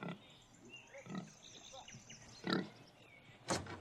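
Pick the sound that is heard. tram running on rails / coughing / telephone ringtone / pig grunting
pig grunting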